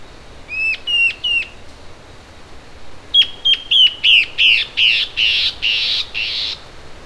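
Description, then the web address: Bird calls: three sharp notes, a pause, then a longer run of about ten notes changing from crisp chips to broad, rough rasps. "BIRD SABIOD bird"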